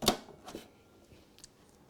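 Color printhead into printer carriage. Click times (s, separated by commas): 0.1 s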